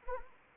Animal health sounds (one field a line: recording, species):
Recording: mosquito wingbeat signal from an infrared sensor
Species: Anopheles arabiensis